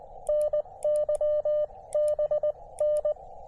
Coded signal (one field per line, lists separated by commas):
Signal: Morse code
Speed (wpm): 19 wpm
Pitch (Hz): 600 Hz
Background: radio noise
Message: NYBN